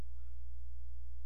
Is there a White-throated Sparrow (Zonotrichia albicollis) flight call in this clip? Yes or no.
no